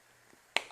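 A plastic key fob shell is popped apart to reach the battery. After a quiet lead-in with a faint soft tap near 0.3 s, a single sharp snap at 0.6 s marks the halves releasing and the case popping open, followed by a brief decaying rattle.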